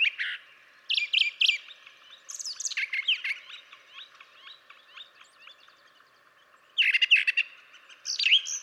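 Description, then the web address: Brown Thrasher song, loud clustered phrases of sharp chips and slurred whistles, then a softer rambling stretch before more loud phrases. "birdsongforthecurious Brown Thrasher"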